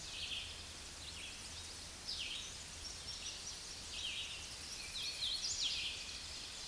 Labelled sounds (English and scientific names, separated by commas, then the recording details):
Red-eyed Vireo (Vireo olivaceus) song
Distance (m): 15 m
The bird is about 10 m above the microphone
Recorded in a Pennsylvania forest on 16 May 2024 at 07:18
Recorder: AudioMoth, point MSD-0079
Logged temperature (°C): 16.1 °C
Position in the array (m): 157 m, 66 m